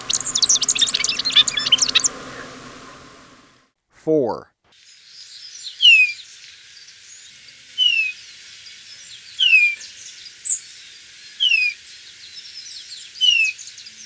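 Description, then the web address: Golden-rumped euphonia calls: after a busy burst of mixed twittering and a brief low sweep, clear high descending whistled notes repeat roughly every one to two seconds. Ecuador. "Natures Songs S America Birds of Ecuador. Golden-Rumped Euphonia"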